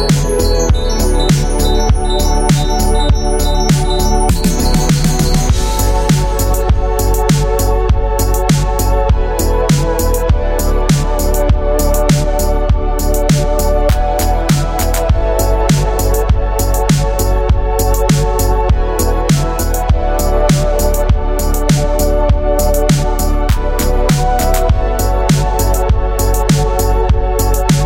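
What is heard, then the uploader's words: Strolling through South Beach Miami, loud dance music fills the scene with a steady, fast beat of crisp hits over a thick low bass and sustained tones. A brief rising swell near five seconds leads back into the unchanging groove. Strolling through South Beach Miami.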